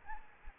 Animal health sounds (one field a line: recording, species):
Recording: mosquito wingbeat signal from an infrared sensor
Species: Anopheles arabiensis